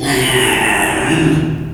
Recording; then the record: squeal of a Yucatan mini pig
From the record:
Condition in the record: after surgery on the right vocal fold (resection and tissue-engineered implant); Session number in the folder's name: 2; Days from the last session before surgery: 13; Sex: male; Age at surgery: 12 weeks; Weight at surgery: 13 kg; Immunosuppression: cyclosporine, prednisolone